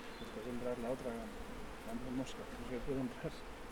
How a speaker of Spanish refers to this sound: Y ahora tenemos que quitarle las abellas con paciencia y cariño.